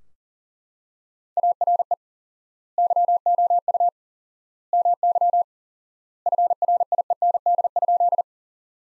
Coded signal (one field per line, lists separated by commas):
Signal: Morse code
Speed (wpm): 40 wpm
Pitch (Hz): 700 Hz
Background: none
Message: ARE YOU MY FRIEND?